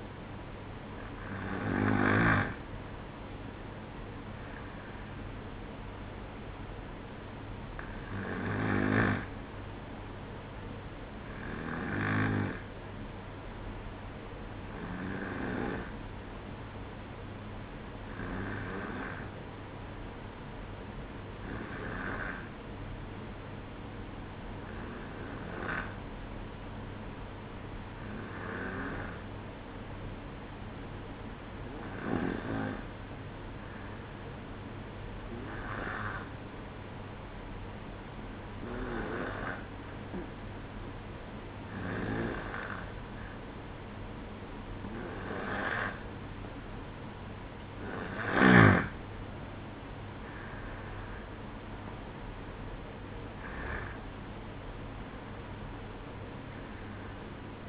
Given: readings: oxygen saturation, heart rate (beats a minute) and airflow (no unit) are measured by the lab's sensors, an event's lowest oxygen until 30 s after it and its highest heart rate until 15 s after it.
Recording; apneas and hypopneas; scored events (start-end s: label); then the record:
breathing in sleep by a voice recorder at the bedside; 1
23.00-48.40 s: hypopnea (N1, oxygen 94% highest, then 92% lowest, heart rate 64 at the start, 69 highest)
From the record:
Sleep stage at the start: N1 (lightest sleep); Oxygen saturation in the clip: 92 to 94%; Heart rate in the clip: 63 to 69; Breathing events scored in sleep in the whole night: 305 in 9.6 hours asleep